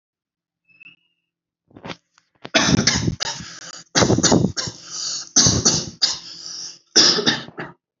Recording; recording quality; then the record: shallow voluntary cough; excellent, no background noise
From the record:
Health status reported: healthy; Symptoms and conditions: none ticked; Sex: male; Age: 18 years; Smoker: not ticked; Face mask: not worn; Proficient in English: yes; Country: India